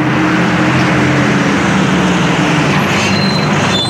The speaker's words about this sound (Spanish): subido en el medio de transporte que es más económico, que ensucia menos, que es más cómodo. Sí, señor, sí, señora, el autobús.